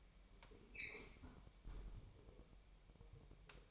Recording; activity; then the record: daily activity, microphone in the room; close fridge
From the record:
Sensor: 1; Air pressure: 1002.0 hPa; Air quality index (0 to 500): 240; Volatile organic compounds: 46 ppm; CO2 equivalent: 3238 ppm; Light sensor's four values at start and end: 8/28/10/11 and 8/28/10/11